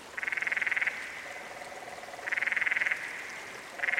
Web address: Dan Gibson's Solitudes Frog Song. Canyon Frog